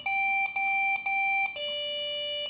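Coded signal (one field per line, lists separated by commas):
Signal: beep code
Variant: Lenovo ThinkCentre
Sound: four long electronic beeps with brief gaps, the fourth lower-pitched and longer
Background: small room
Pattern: 4 long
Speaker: 1 2 3 [Music] 4.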